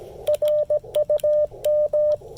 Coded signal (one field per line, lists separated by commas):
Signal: Morse code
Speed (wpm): 17 wpm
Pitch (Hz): 590 Hz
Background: radio noise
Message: RUM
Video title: Reviewing the MFJ-1984LP EFHF with the Icom IC-705 during a Parks On The Air (POTA) activation